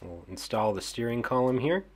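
A plastic steering column is handled at the dashboard of a Back to the Future time machine model while someone talks. Nothing has seated or clicked yet.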